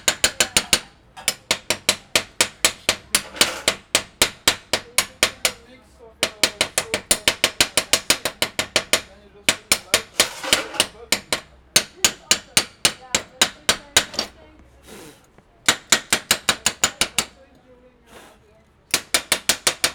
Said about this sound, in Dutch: Ik zal hem hier even mee rammen en als dat niet lukt, dan hamer ik hem.